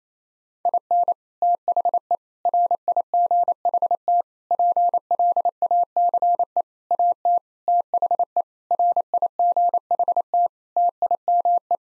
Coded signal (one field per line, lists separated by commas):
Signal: Morse code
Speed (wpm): 28 wpm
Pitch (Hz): 700 Hz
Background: none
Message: IN THE RIGHT PLACE AT THE RIGHT TIME